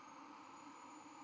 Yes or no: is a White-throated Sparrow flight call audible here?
no